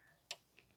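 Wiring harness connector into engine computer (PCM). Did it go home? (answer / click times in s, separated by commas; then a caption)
yes / 0.3 s. A wiring harness connector is pushed onto the engine computer (PCM) of a 2007 Dodge Caravan with the 3.3 V6 and clicks into place at 0.3 seconds. The sharp, bright click is followed by a much fainter tick around 0.6 seconds. The connector is seated correctly, with its red locking tab still to be checked.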